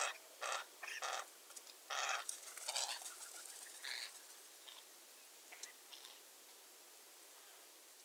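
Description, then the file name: Eurasian jay giving harsh, rasping screeches in a quick burst over the first four seconds, then fainter scattered notes fading into quiet background. "Garrulus glandarius"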